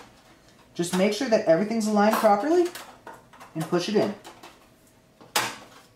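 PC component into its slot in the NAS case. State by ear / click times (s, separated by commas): seated / 5.4 s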